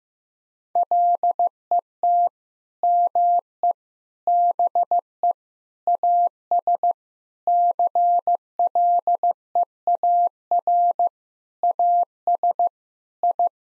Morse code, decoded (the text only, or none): LET ME BE AS CLEAR AS I